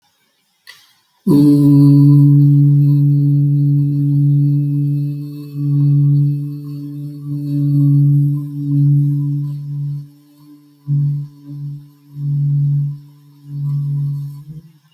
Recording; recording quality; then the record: sustained vowel as in boot; moderate, slight background noise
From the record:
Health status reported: healthy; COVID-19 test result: not tested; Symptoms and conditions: none ticked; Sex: male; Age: 23 years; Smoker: not ticked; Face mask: not worn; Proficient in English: yes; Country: India